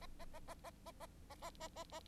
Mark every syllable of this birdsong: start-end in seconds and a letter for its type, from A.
0.01-0.07 A, 0.19-0.25 A, 0.34-0.39 A, 0.47-0.54 A, 0.64-0.70 A, 0.86-0.91 A, 1.00-1.06 A, 1.30-1.35 A, 1.41-1.50 A, 1.60-1.68 A, 1.75-1.84 A, 1.92-2.00 A